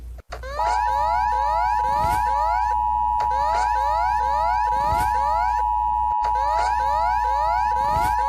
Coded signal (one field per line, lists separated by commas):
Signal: Emergency Alert System (SAME) tones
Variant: 853 and 960 Hz attention tone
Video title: Skinwalker EAS